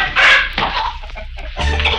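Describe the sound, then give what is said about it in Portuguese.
A flock of chickens in a chicken shed on a farm clucks and squawks in a noisy commotion, overlapping bursts of shrill, agitated calls rising and falling with no pause, loud throughout. “Quando Lili e Dentinho falavam com o granjeiro, escutaram um grande barulho vindo do galpão das galinhas.”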